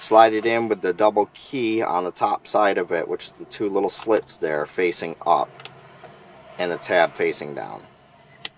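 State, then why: Seated. A small keyed wiring plug under the shifter trim of a 2016–2018 Ford Edge, fitted while adding factory navigation to SYNC 3, is slid into its harness socket with the double key (two little slits) facing up and the tab facing down. Someone talks throughout, then a sharp click comes at 8.5 s as the connector seats.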